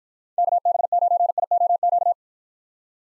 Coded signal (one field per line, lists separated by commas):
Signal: Morse code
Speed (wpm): 53 wpm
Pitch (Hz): 700 Hz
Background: none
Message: KB9IOQ